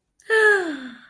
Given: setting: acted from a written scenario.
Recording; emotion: vocal sound without words; positive surprise